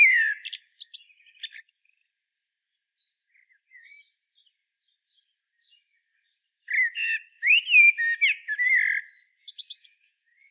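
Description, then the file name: Common blackbird with two loud song phrases, the first cut short at the start, the second a longer run of fluted warbling and high squeaks. "Turdus merula"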